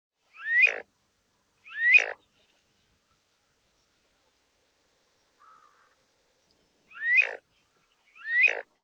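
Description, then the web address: Falcated duck calls: four short notes in two pairs, each a rising whistle joined to a buzzy, burred lower tail, with a long gap between the pairs. "yoshigamo"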